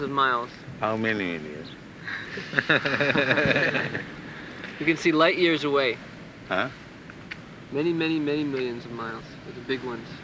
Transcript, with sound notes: of miles.
How many million? [laughter]
You can see light years away. Many, many, many millions of miles with the big ones.